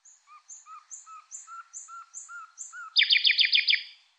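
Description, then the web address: Bird song: paired notes, a high whistle with a lower slurred note, repeated several times, then a loud, fast buzzy trill. "cianscape birddata Deverinetal 2025 Bird Lu Me Lu Me"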